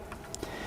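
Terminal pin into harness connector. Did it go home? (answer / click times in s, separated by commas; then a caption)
yes / 0.3 s. A terminal pin (pin 5) for an NSV hood light bar install on a Toyota Tundra is pushed, fins facing down, into the pin-out of a harness connector held vertically to match the instructions. A faint tick at 0.1 s is followed by a sharp, bright click at 0.3 s and a soft low thump at 0.4 s. The click confirms the pin is seated in the connector.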